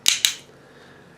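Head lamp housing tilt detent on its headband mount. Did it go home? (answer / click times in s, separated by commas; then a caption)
yes / 0.1 s, 0.2 s. The plastic housing of a headlamp is tilted on its headband mount, and its ratchet detent gives two sharp clicks at 0.1 s and 0.3 s, followed by quiet. The housing clicks into position and locks in place.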